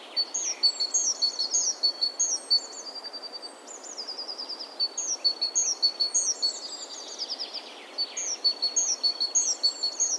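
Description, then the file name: Great tit in nearly continuous high chirping, quick repeated notes with a thin steady whistle beneath, over faint hiss. "Parus major"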